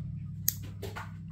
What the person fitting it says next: once you hear that snap it's in there